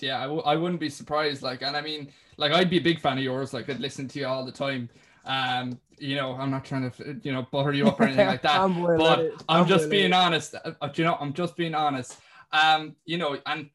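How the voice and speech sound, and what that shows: A man speaks casually in a relaxed, conversational tone with a mid-range pitch, frequent fillers like "you know" and "like," and brief natural pauses. Voice quality, articulation and fluency sound ordinary, with no sign of a speech or voice disorder.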